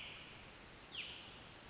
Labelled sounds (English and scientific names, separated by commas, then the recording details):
Pacific Wren (Troglodytes pacificus)
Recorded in Sonoma County, California